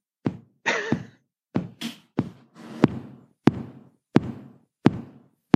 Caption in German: Normales Herz schlägt in einem sogenannten Sinusrhythmus. Die Erregung in einer anatomischen Struktur beginnt, die ganz oben kopfnah auf dem Herzen sitzt, dem sogenannten Sinusknoten. Also ganz regelmäßig.